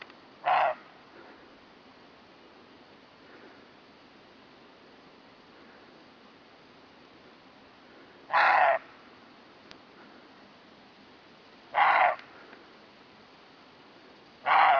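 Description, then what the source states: Roe deer giving four gruff, rasping barks at uneven intervals, with quiet hiss between them. More than one roe deer, barking.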